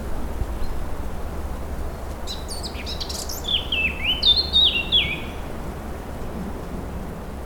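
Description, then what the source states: Bird giving a quick run of high chirping and twittering notes in the middle, over constant low rumbling background noise. In the countryside.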